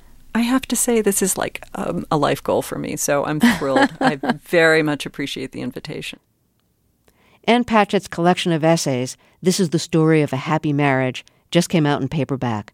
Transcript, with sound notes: I have to say this is, like, a life goal for me. So I'm thrilled.
(LAUGHTER)
I very much appreciate the invitation.
Ann Patchett's collection of essays "This Is The Story Of A Happy Marriage" just came out in paperback.